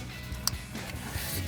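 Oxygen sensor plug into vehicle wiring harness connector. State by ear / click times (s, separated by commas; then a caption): seated / 0.5 s. A front oxygen-sensor plug is pushed into its vehicle wiring harness connector in a hard-to-see spot after a BBK shorty catted mid-pipe is fitted on a 2009-2023 5.7L HEMI Challenger. A sharp click at 0.5 s marks the connector snapping together and seating, over steady low background noise with a fainter tap near 1.5 s.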